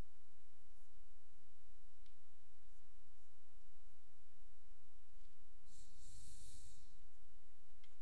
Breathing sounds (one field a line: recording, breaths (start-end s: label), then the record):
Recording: nose breathing near a microphone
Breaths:
5.48-7.73 s: exhalation
From the record:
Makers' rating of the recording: medium